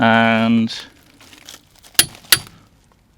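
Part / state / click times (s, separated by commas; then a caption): click-type torque wrench on a car wheel nut / torque reached / 2.0 s, 2.3 s. A click-type torque wrench tightens a car wheel nut after someone talks briefly. Faint rustling follows, then two sharp clicks at 2.0 and 2.3 seconds. The wrench clicks at its set torque, confirming the nut is tightened to spec.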